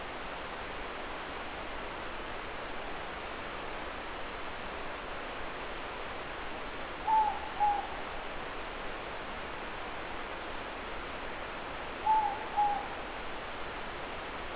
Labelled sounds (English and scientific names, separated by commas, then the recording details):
Morepork (Ninox novaeseelandiae) more-pork call
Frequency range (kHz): Morepork (Ninox novaeseelandiae) 0.6-1.1 kHz
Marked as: faintness 3/5
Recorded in New Zealand
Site Eglinton